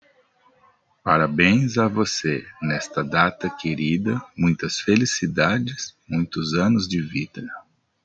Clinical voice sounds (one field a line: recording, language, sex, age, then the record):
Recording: short text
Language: Brazilian Portuguese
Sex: male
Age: 40 to 49 years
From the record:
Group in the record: control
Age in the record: 46 years